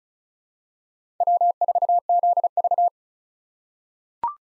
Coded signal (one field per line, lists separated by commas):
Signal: Morse code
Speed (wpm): 36 wpm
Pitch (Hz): 700 Hz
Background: none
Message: W4ZV